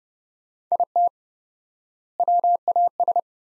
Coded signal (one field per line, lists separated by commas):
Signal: Morse code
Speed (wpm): 29 wpm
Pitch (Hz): 700 Hz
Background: none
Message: IT WAS